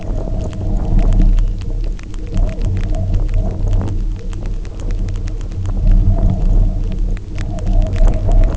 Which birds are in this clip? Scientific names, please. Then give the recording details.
none. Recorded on Arctic tundra, site UTQI-0, on 27 June 2018. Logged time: 20:00